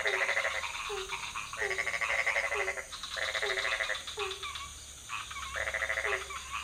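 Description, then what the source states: Frogs calling, regular low croaks under loud rasping trill bursts separated by short pauses. Several frog species calling at night in a pond near a hotel in Ubud, Bali, Indonesia; recorded with Sony PCM D50 and Rode NT4 on a boompole.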